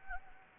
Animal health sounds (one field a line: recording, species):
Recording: mosquito wingbeat signal from an infrared sensor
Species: Anopheles gambiae